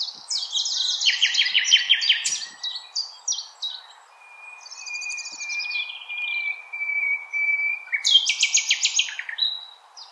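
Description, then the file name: Common nightingale song: dense rapid trills, a long pure whistled note held for several seconds, then a burst of loud repeated notes. Recorded 16 April 2021. "Nightingale-210416"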